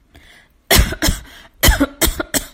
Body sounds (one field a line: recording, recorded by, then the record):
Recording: voluntary cough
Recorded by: messaging app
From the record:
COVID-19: negative